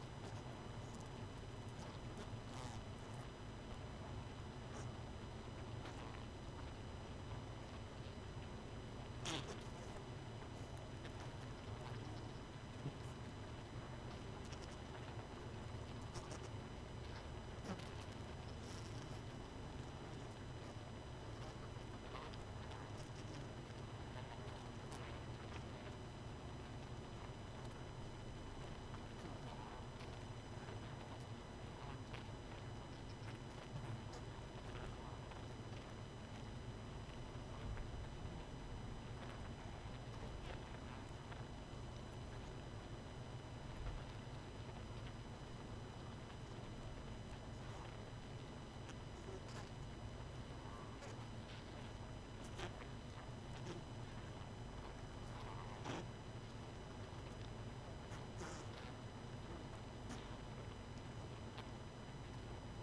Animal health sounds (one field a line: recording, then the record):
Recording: honeybee colony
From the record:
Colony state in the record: missing queen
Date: 31 May 2018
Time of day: 23:58